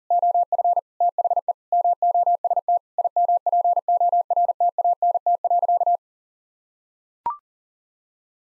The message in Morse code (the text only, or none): OF THE MOST IMPORTANT.